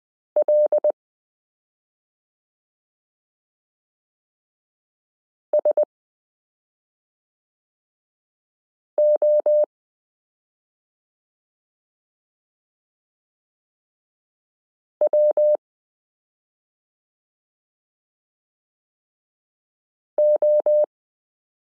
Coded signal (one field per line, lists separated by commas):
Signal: Morse code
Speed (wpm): 20 wpm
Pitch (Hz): 600 Hz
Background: none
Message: LSOWO